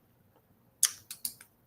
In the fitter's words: And it just snaps right in there.